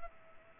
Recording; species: mosquito wingbeat signal from an infrared sensor; Culex pipiens